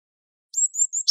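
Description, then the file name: Eurasian blue tit call, three thin, very high slurred notes in quick succession, ending in a short buzzy burst. "Cyanistes caeruleus"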